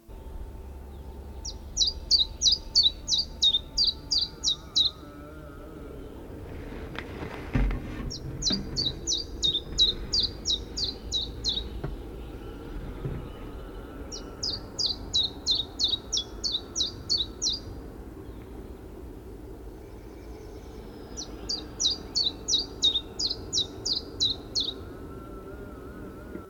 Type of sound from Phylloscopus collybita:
song